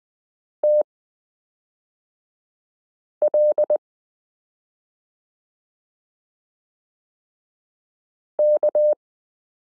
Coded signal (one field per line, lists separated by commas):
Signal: Morse code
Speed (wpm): 20 wpm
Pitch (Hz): 600 Hz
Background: none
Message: TL K